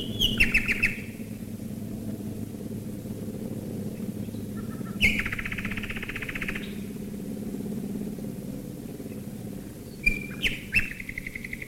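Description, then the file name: Common nightingale song in bursts: a rapid rattling phrase, a long buzzy trill, then sharp notes near the end, with a constant low engine drone underneath. Nightingales singing while bombers fly overhead, recorded in 1942. "nightingales and bombers 1942"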